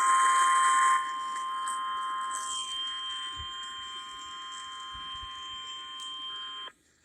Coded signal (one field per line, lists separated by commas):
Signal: Emergency Alert System (SAME) tones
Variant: 853 and 960 Hz attention tone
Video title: SINGULAR EVENT. Broadcast Radio/TV EAS: Severe Thunderstorm Warning (5/20/23)